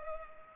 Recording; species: mosquito wingbeat signal from an infrared sensor; Culex pipiens